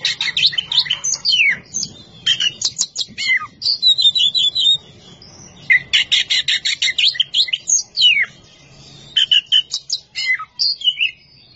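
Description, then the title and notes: Oriental magpie-robin song: loud bursts of rapid repeated chirps and falling whistled slurs, delivered in energetic phrases separated by brief gaps. Champion singing bird. "Kicau Burung Kacer Juara. Suara Kicauan Burung Kacer Juara"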